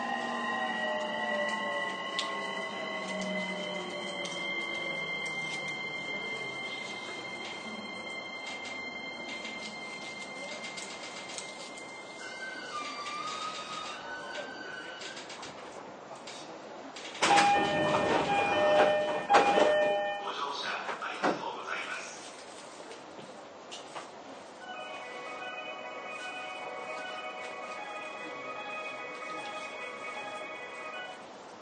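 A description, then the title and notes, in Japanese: An E231 series train between Ito and Yokohama: a steady rumble with falling motor whines early on as it slows. Around 17 to 20 seconds comes a louder clattering burst, and from 25 seconds a steady high ringing tone holds. JRE231系 伊東〜横浜。区間は伊東線→東海道線です。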